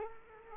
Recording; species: mosquito wingbeat signal from an infrared sensor; Culex quinquefasciatus